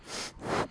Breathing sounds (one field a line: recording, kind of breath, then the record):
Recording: one breath in and out by a microphone near the nose and mouth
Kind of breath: strong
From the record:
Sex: male